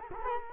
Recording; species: mosquito wingbeat signal from an infrared sensor; Culex quinquefasciatus